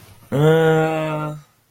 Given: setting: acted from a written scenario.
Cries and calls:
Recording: vocal sound without words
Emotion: confusion

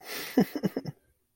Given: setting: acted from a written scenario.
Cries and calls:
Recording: vocal sound without words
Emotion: disappointment

